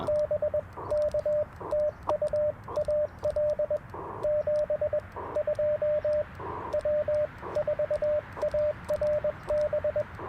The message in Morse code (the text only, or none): BK TU AL 72 W4ARB